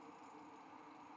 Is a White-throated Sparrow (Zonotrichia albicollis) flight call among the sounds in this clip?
no